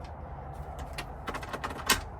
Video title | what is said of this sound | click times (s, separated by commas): 2023 Mercedes AWD Sprinter Camper Van tour! | Super easy to lock into place. | 1.9 s